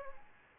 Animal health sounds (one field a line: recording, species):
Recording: mosquito wingbeat signal from an infrared sensor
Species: Aedes aegypti